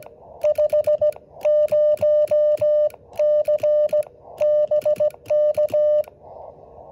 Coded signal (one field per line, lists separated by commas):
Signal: Morse code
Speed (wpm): 16 wpm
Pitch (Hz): 600 Hz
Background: music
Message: 5 0 C BK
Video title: Jan 8 2023 working SKCC K3Y/5 station in OK (NE5A)